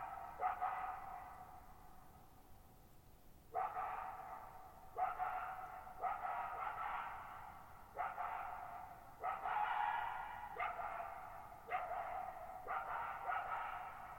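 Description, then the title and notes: Coyote barking repeatedly, many sharp, harsh barks in irregular bursts, each followed by a lingering echo. Lone wild coyote calling at night, July 14, 2019, in high mountain meadows at 1950 m, Okanogan National Forest, Pacific Northwest; very quiet, strongly reverberant bowl-shaped meadow over boggy ground. "Lone Coyote at Thirtymile Meadows. I spent the night of July 14, 2019, camped near Thirtymile Meadows in the Okanogan National Forest at 6400 ft (1950 m)"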